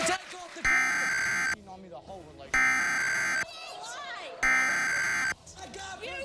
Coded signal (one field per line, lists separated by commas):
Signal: Emergency Alert System (SAME) tones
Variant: header bursts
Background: speech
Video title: Utah EAS Required Monthly Test - KUTV/KSL-TV/KMYU/KSTU, 5/14/2021